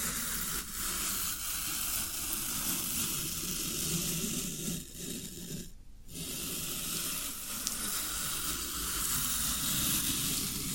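Floral foam being pressed and crumbled gives a dense, steady fizzing hiss with soft low crackle, briefly dropping out near six seconds.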